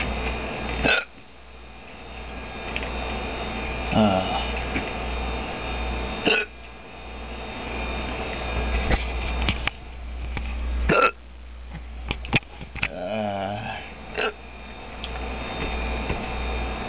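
About six sharp, abrupt gulping hiccups every few seconds over quiet background hum in an adult; recurring hiccups from sudden diaphragm spasms.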